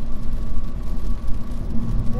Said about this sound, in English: You're recording in the car, all this sound.